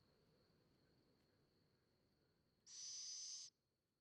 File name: Steenuil Athene noctua